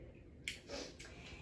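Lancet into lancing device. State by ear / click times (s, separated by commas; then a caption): seated / 0.5 s. A plastic lancet is pushed into the holder of an AlphaTrak glucometer lancing device, making a sharp snap at 0.5 s as it pops into place. A softer, longer rustle follows around 1.0 s. The lancet is seated in the device.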